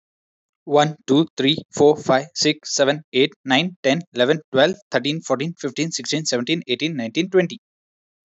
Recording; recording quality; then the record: counting at a fast pace; excellent, no background noise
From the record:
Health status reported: healthy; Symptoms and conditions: none ticked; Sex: male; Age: 25 years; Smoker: not ticked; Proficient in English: yes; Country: India